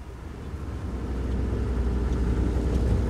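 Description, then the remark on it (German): A motorboat engine runs with a steady, deep rumbling drone that grows slightly louder over a few seconds, with no voices, as the boat is steered into the Grand Canal in Venice and speeds past the railway station with a rotating blue light. “Bonsoin lenkte das Boot in den Canal Grande.”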